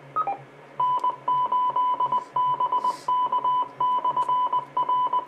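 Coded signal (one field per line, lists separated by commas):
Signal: Morse code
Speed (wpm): 20 wpm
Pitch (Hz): 1000 Hz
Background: none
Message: N8BK/R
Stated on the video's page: 70 cm UHF reception on a Comet GP-15 vertical, preamp off.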